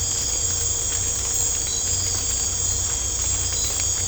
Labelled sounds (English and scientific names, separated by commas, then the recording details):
none
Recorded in secondary vegetation near Puerto Asís, Putumayo, Colombia, on 18 December 2024 at 01:00
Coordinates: 0.502, -76.326
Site G028